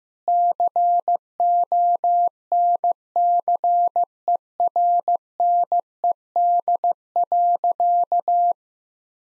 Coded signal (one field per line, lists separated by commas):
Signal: Morse code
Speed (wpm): 15 wpm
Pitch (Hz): 700 Hz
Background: none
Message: CONCERNED.